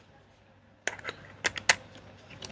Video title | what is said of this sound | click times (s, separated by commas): CE TELEPHONE EST MONSTRUEUX ! ULEFONE ARMOR 26 ULTRA | Il est bien clipsé. | 1.7 s